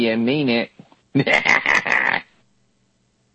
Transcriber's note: chuckles